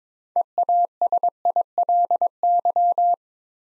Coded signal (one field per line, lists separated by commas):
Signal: Morse code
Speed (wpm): 22 wpm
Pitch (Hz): 700 Hz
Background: none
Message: EASILY